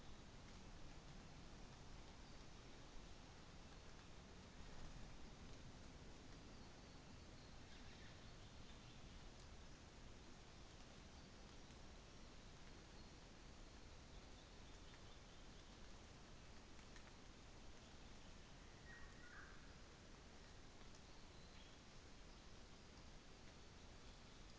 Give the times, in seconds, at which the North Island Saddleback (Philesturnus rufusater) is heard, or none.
none